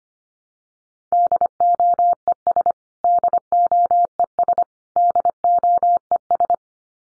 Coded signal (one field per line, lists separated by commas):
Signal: Morse code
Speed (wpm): 25 wpm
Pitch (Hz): 700 Hz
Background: none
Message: DOES DOES DOES